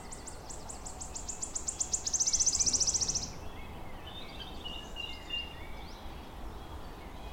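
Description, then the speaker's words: Wood warbler song: a run of thin, high ticking notes that speeds up into a bright, shivering trill lasting about a second. Male, newly arrived, singing from the canopy among ancient twisted oaks on a hill; still, sunny spring morning. "Among the oaks, the wood warblers have arrived. The male song dripping from the canopy like molten silver."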